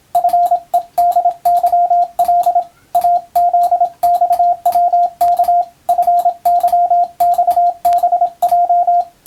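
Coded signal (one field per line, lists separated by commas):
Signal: Morse code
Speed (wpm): 27 wpm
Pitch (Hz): 700 Hz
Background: radio noise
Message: FEDYL AZXWK FYXBJ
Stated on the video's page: Morse practice for the Japanese radiotelegraph operator exam, using a European-language telegram practice book.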